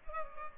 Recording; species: mosquito wingbeat signal from an infrared sensor; Culex pipiens